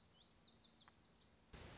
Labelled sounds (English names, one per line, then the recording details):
Lazuli Bunting
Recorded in Sonoma County, California